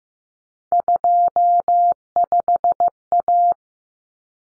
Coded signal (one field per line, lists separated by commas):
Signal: Morse code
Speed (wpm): 15 wpm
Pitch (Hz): 700 Hz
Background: none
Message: 25A